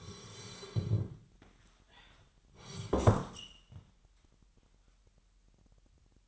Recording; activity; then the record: daily activity, microphone in the room; sit down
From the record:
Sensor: 3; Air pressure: 998.5 hPa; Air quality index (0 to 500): 128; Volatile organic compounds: 3 ppm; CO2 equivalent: 1524 ppm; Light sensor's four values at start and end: 11/24/11/13 and 8/20/8/9